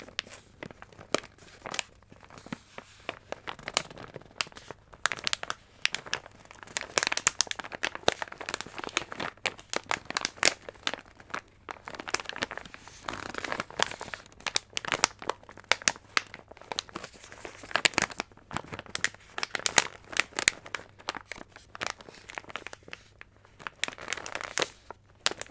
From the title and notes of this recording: Ear-To-Ear Crinkling Sounds.